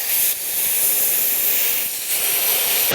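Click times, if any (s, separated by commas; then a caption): none. A rubber tubeless mountain bike tire is inflated with one big blast of air to pop its bead onto the bicycle wheel rim. Only a steady, loud hiss of rushing air is heard for the full three seconds, with no snap. The bead is not fully seated, and nothing has seated or clicked yet.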